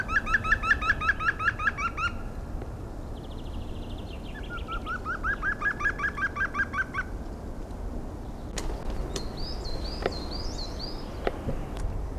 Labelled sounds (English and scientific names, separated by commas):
European Green Woodpecker (Picus viridis) song